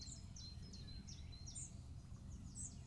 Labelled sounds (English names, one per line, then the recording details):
Common Chiffchaff
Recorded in Germany
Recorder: ecoPi